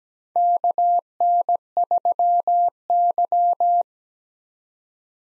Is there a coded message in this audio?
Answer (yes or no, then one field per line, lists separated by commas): yes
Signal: Morse code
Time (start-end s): 0.4-3.8 s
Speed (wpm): 17 wpm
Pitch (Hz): 700 Hz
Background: none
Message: KN3Y